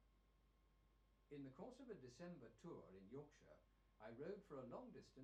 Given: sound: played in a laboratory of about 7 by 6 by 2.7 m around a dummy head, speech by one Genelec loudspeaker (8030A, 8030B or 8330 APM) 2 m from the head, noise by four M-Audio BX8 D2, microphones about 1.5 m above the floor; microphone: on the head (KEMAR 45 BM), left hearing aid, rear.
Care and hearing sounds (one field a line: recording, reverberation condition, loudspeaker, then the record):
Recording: male speech in English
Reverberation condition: low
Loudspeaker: 60 degrees to the right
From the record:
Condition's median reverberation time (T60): about 310 ms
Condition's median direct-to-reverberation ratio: about 3.5 dB